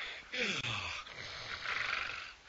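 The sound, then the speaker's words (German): A loud, rasping snore: a throaty inhale with a low, falling grunt, followed by a second breathy, noisy rattle, without any talking. “Also wenn du schnarchst, dann lass ich erst recht alles liegen und stehen und gehe eben in der Grießsuppenhose spazieren, jawohl.”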